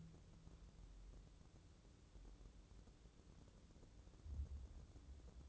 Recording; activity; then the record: daily activity, microphone in the room; wipe stove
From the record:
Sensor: 3